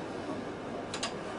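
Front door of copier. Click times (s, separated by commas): 0.9 s, 1.0 s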